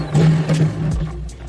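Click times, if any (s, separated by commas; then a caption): none. An AC power supply module is slid back into its bay in a network switch chassis, with a steady low hum underneath and sliding, handling noise. Nothing has seated or clicked yet; the clip ends just before the module goes home.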